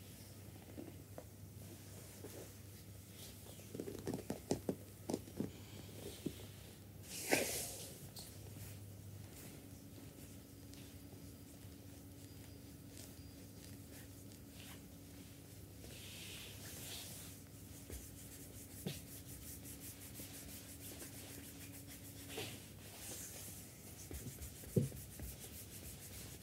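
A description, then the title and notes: A body massage with a handheld massager: soft rubbing and brushing sounds continue throughout, with short bursts of friction around 4–5, 7 and 17 seconds. A low, steady motor hum sounds from about 9 to 22 seconds, pausing briefly near 15 seconds, and a sharp tap lands near 25 seconds. Spa full body massage with massager.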